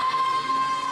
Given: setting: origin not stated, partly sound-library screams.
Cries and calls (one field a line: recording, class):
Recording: one-second piece from a danger detection set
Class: woman in danger